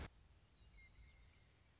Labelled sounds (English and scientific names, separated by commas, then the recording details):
Western Meadowlark (Sturnella neglecta)
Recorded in Sonoma County, California